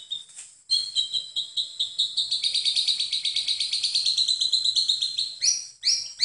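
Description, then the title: White-rumped shama song, a fast, even, repeated trill of high notes lasting several seconds, ending in a few louder separate phrases. "MURAI BATU"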